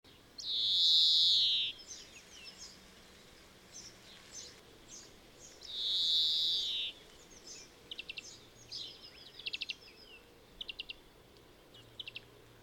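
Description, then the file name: European greenfinch giving two long, nasal, wheezing notes about five seconds apart, followed by brief dry trilled chips. "Chloris chloris"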